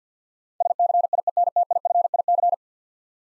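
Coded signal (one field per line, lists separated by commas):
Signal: Morse code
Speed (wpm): 50 wpm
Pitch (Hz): 700 Hz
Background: none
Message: SCIENTIFIC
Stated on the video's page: Head-copy drill of ten-letter words in Morse at 50 wpm, each word sent, spoken, then sent again.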